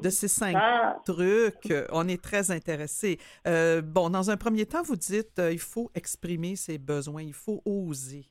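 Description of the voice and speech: A woman speaks French in a clear, fluent voice at a moderate conversational pace, with steady mid-range pitch and a few brief pauses between phrases. Articulation and voice quality are ordinary, consistent with typical adult speech.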